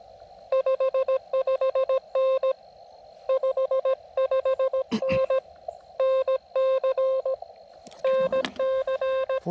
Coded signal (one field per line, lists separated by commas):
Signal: Morse code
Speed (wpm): 17 wpm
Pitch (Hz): 530 Hz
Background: none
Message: 55N 55N NC NC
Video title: QRP CW POTA at US-5221 with the KX2